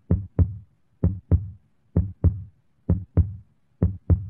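An adult's heartbeat: steady, low thudding beats, each a close pair of sounds, at about 65 beats per minute.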